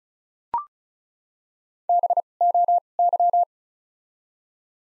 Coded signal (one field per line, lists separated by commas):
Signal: Morse code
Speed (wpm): 34 wpm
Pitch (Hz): 700 Hz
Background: none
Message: B O Y